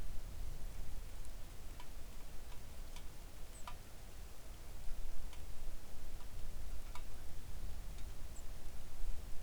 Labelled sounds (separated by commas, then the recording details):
songbird, rain
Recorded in the Arctic National Wildlife Refuge, Alaska, on 3 August 2019 at 06:00
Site 41